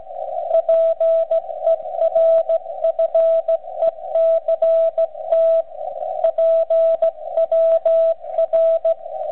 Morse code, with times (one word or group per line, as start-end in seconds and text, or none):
0.5-5.6 PERFECT
6.2-8.9 PWR